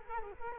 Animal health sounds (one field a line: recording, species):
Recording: mosquito wingbeat signal from an infrared sensor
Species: Culex quinquefasciatus